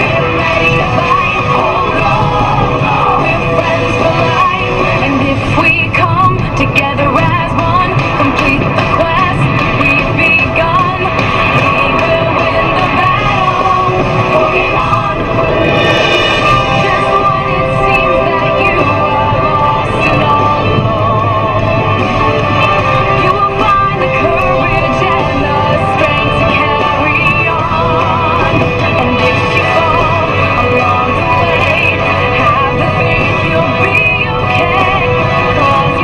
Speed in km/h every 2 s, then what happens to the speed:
112, 112, 112, 112, 112, 112, 112, 112, 112, 112, 111, 111, 110, 109, 109, 108, 108, 107.
0-36 steady at about 112.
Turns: none.